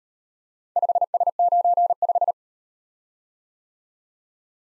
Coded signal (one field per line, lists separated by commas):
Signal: Morse code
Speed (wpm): 36 wpm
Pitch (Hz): 700 Hz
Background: none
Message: 5S95